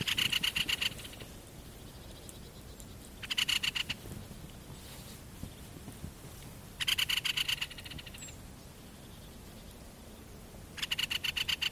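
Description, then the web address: Great spotted woodpecker chattering: four short, rapid, scratchy rattles, each about a second long, spaced roughly three to four seconds apart. Rattling chatter call, termed räksytys in Finnish. "linnut kapytikan raksutus"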